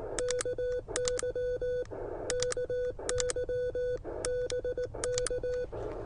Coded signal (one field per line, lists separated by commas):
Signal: Morse code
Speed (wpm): 18 wpm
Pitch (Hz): 500 Hz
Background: none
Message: KY KY BK